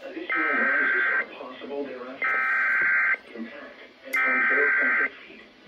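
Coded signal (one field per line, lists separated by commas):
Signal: Emergency Alert System (SAME) tones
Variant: header bursts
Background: speech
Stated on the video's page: Flood warning received from NOAA Weather Radio station and a radio station internet stream.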